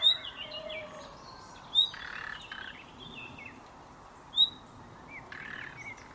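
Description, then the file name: Common nightingale: three bright, brief whistles a few seconds apart, with softer twittering notes between them. "Luscinia megarhynchos"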